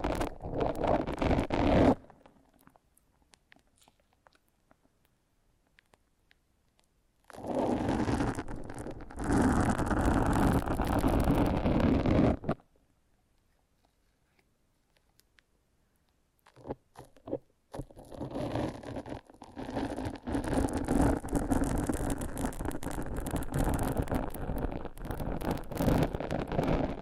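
Foam being massaged, rubbed in dense, rough bursts with a fine crackly, squeaky texture. Bursts run from the start to about 2 seconds, from about 7 to 12 seconds, and from about 17 seconds to the end, with near silence between them.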